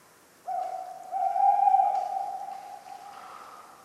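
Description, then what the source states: Tawny owl hoot: a sustained pure hollow tone lasting over two seconds, followed by a softer breathy sound. Talkative tawny owl at night, cold 11 November 1995, Ménigoute ornithological film festival, France; the recordist fell asleep, mixing in his sleeping sounds.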